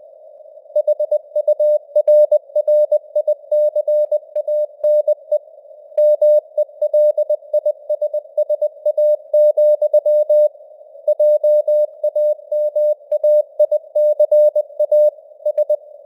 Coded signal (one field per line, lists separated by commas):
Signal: Morse code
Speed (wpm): 20 wpm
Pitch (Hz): 600 Hz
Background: none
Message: HURRICANE MELISSA, JAMAICA S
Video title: Morse Code News | 2025-10-29 | 20wpm